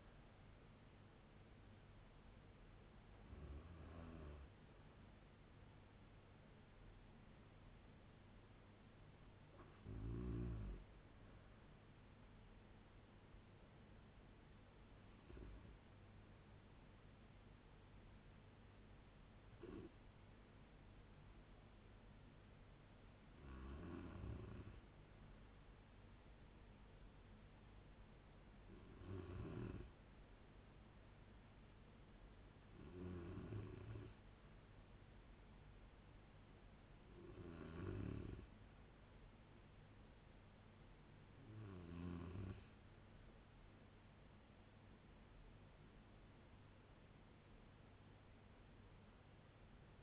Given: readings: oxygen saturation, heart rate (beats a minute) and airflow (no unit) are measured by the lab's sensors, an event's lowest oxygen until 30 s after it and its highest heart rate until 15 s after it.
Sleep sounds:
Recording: a person awake in a sleep study, by a voice recorder at the bedside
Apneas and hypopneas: none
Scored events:
0.00-50.03 s: awake
0.00-50.03 s: awake
From the record:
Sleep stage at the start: awake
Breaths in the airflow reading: 18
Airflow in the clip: -0.7 to 0.6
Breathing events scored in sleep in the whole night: 496 in 5.4 hours asleep

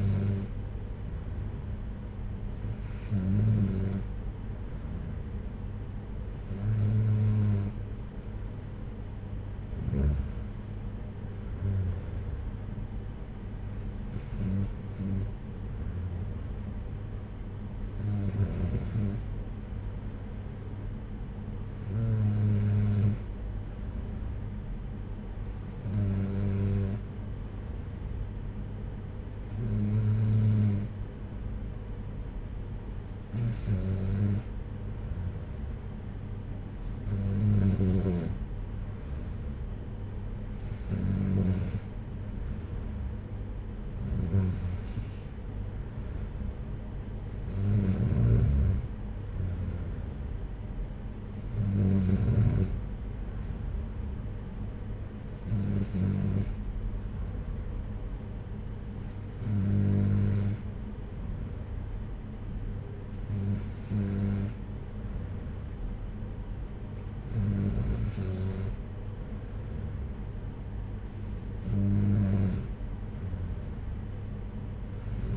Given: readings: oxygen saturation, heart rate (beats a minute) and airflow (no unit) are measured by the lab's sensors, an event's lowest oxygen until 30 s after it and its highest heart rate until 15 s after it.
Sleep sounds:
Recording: breathing in sleep by a smartphone at the bedside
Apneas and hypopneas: none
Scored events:
none scored
From the record:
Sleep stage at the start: N3 (deep sleep)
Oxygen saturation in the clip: 93 to 94%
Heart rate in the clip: 57 to 62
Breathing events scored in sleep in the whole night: 226 in 8.8 hours asleep

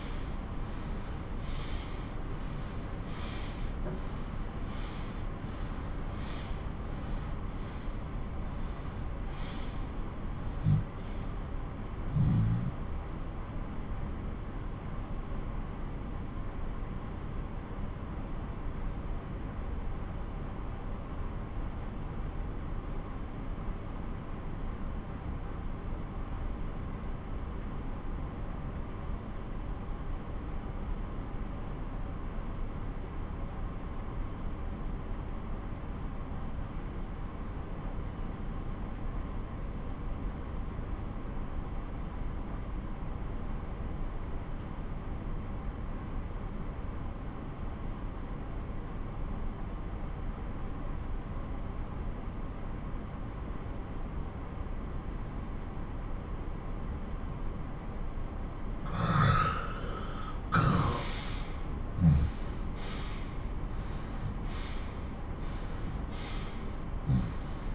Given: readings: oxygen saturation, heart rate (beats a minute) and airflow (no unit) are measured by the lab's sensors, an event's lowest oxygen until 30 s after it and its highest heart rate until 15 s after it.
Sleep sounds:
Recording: breathing in sleep by a smartphone at the bedside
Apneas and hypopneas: 1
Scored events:
8.00-58.10 s: obstructive apnea (N1, oxygen 98% highest, then 86% lowest)
10.00-67.74 s: new sleep stage, N2 (light sleep)
From the record:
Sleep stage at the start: N1 (lightest sleep)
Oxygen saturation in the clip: 90 to 98%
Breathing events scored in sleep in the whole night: 217 in 6.3 hours asleep

